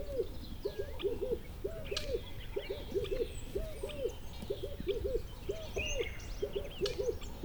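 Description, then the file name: Bird hooting call, soft low notes given in quick pairs and triplets, the groups repeating steadily, with faint high chirps and twitters from other birds behind. "country birds call"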